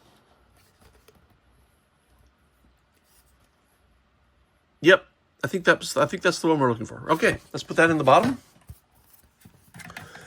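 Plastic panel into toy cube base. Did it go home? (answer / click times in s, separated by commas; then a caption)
yes / 10.0 s. A plastic panel from a Schleich Eldrador Ice Battle Cave toy is pressed into the bottom of the toy cube. Someone talks, and then soft handling sounds lead into a sharp snap at 10.0 s. The panel seats in place.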